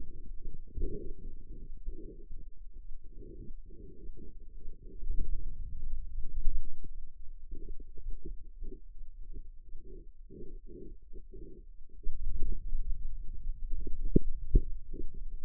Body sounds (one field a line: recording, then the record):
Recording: forearm muscle sounds (acoustic myography)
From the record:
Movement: inward rotation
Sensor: system 2, bracelet of six BSWA MPA416 microphones around the upper forearm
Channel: 5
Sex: male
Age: 22 years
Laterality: right